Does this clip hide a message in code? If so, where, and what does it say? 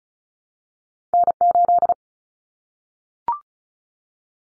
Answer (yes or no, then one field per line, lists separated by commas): yes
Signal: Morse code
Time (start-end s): 1.1-1.9 s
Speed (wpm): 34 wpm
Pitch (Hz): 700 Hz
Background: none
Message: N8